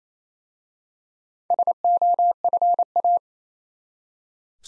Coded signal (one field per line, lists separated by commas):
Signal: Morse code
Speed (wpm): 27 wpm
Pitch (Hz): 700 Hz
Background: none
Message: SOFA